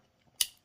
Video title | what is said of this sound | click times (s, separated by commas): ADV Tactical Pitboss Button Lock Folding Knife - Overview and Review | click into the locked position | 0.4 s